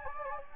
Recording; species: mosquito wingbeat signal from an infrared sensor; Anopheles gambiae